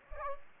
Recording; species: mosquito wingbeat signal from an infrared sensor; Aedes aegypti